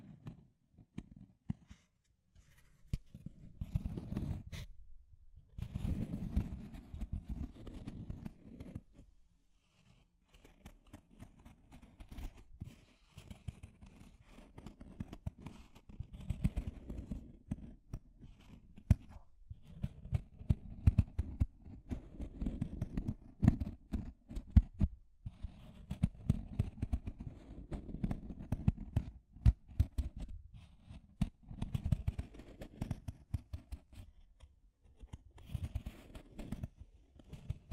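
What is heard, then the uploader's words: Deep scratching sounds come in low, rough bursts, dense and irregular, with brief pauses near five and ten seconds and constant crackly clicks. Deep Scratching. (No Talking).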